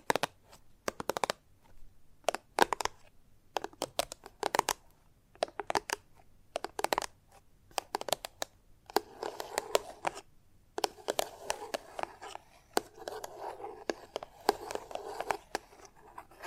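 Chalk tapping and scratching. The first half is sharp, separate taps in quick bursts with short silences between, then from about nine seconds a denser rough scratching and carving runs under continued taps, with brief gaps near ten and eleven seconds.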